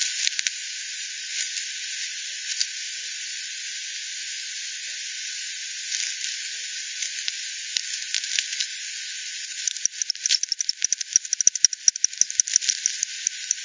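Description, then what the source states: Bat: mostly even hiss with a few faint ticks, then a burst of rapid bat clicks and rattles in the last seconds. Multiple bats, Hogsmill River at Hogsmill Lane, 7 October 2020, 18:10; frequency-divided by ten, band-pass filtered and resampled.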